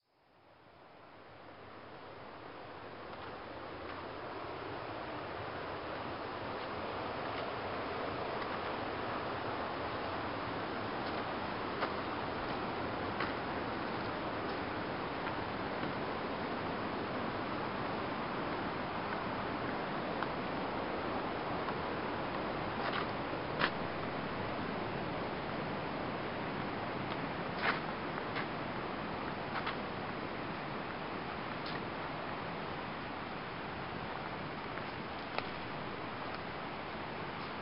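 A small mountain waterfall roars in a dense, steady rush. The sound fades in over the first few seconds, then holds evenly, full and fairly bright, with a few faint clicks or ticks breaking through near the middle and toward the end.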